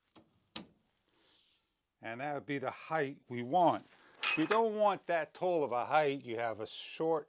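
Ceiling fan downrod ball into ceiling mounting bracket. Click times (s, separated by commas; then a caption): 0.6 s. A ceiling fan's downrod ball (gimbal) is slid into the ceiling mounting bracket and seated in its notch. A faint tap at 0.2 s precedes a sharp click at 0.6 s as it seats, followed by a soft rustle, and then someone talks.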